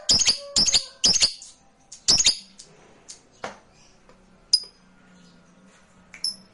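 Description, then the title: Lovebird chirping: three quick bursts of sharp, squeaky chirps, a fourth after a short pause, then scattered single high chirps over a faint low hum. Lovebird described as reluctant to sing, with the recording intended to stimulate it into spontaneous, sustained singing. "LOVEBIRD Malas Bunyi JADI GREGET SPONTAN Langsung NARIK"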